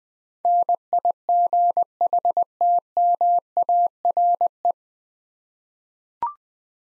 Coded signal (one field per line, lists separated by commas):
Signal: Morse code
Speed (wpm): 20 wpm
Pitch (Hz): 700 Hz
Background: none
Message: NIGHTMARE